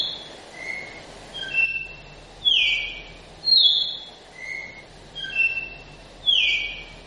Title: Canto Galo Campina Fêmea 01. Galo de Campina Novo ( Flauta 4 x 4 )